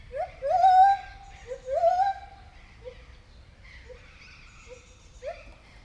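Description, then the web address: White-handed gibbon calling: two long, rising and arching hoots, followed by several short, soft upward notes with pauses between them. Captive at Debrecen Zoo, 2019, during a first encounter. "allathangok debrecenizoo 2019 feherkezu gibbon elsotalalkozasunk"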